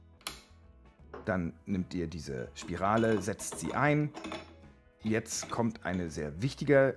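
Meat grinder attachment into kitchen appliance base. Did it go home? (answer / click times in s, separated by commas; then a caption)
yes / 0.3 s. A meat grinder attachment is fitted into the drive housing of a kitchen appliance base at the correct angle so it mounts level, and it clicks into place with a sharp, short click at 0.3 s. After the click, someone talks while the attachment sits seated in the base.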